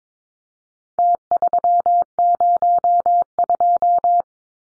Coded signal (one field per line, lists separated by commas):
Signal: Morse code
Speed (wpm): 22 wpm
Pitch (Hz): 700 Hz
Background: none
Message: T302